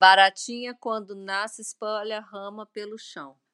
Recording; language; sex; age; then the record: short text; Brazilian Portuguese; female; 40 to 49 years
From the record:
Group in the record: control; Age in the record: 42 years